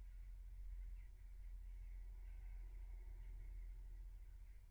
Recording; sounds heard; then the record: poultry house recording; no chicken sound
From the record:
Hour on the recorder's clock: 15